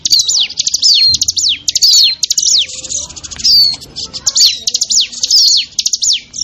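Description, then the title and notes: Bar-winged prinia calls, high and rapid, a busy stream of quick falling chirps and sharp ticks running together in short bursts throughout. Lure recording of noisy small-bird calls used to attract wild birds; local name ciblek. "Suara Pikat Burcil Ribut. Burung Liar. ciblek"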